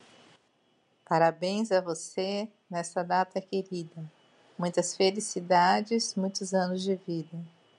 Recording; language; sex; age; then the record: short text; Brazilian Portuguese; female; 50 to 59 years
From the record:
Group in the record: control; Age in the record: 54 years